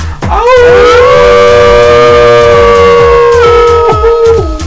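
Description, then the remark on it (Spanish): A wolf howls once in a long, loud, steady cry that swoops up at the start, holds one mid-high pitch for several seconds, then drops away, with a low pulsing beat underneath. “Queremos dar la bienvenida a Venus. Venus, ¿cómo estás? Muy bien, gracias. Y al lobo.”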